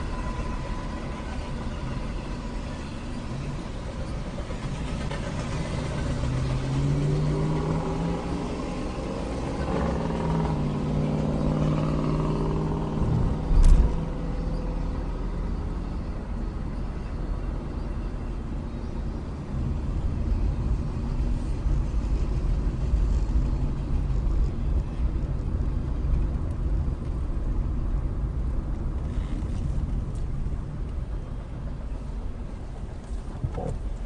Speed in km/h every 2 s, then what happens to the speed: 24, 19, 13, 5, 6, 13, 19, 23, 26, 26, 26, 27, 27, 27, 21, 8, 8.
0-6 slows to 5. 6-16 speeds up to 26. 16-26 steady at about 26. 26-30 brakes to 8.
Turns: 7-12, 27-30.